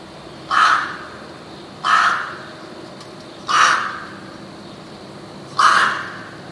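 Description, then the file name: Rook cawing: four harsh, hoarse caws at irregular intervals, each short and raspy against a quiet background. "gawron"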